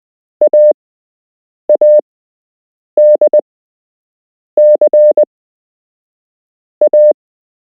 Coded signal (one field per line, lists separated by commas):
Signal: Morse code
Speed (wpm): 20 wpm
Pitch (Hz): 600 Hz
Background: none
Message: AADC A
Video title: You can learn Morse code - Part 1